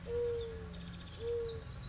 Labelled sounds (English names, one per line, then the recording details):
Mourning Dove
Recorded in Sonoma County, California